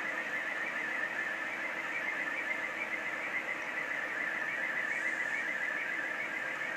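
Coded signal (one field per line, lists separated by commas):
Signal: SSTV (slow-scan television)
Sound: warbling tone wandering around 2 kHz, buried in heavy hiss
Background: radio static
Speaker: look like it's uh probably just not quite receiving it well enough but it is get it is coming in here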